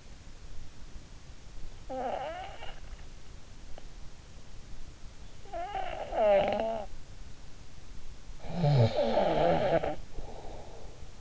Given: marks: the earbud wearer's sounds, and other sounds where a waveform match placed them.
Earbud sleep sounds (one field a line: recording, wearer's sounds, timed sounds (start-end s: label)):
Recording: sounds in sleep by an in-ear microphone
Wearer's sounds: snoring breath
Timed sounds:
1.82-2.80 s: snoring breath
5.46-6.96 s: snoring breath
8.39-11.21 s: snoring breath